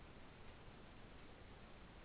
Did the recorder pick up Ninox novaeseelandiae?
no